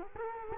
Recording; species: mosquito wingbeat signal from an infrared sensor; Culex quinquefasciatus